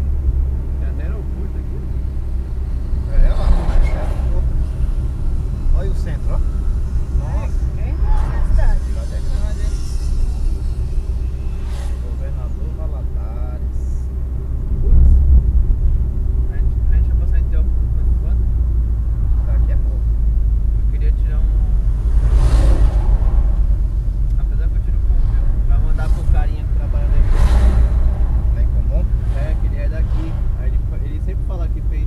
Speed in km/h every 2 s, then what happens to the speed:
39, 39, 40, 39, 39, 39, 39, 38, 36, 33, 30, 29, 32, 32, 32, 32.
0-12 steady at about 39. 12-21 slows to 29. 21-32 steady at about 32.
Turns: none.